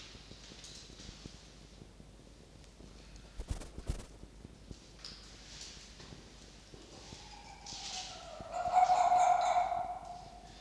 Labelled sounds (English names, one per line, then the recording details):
Red Fox
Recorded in captivity
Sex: pair
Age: adult
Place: Zoologisches Institut der HUB, Berlin, DE
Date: 1953-01-14 17:05
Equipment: Elmetra
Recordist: Tembrock, Günter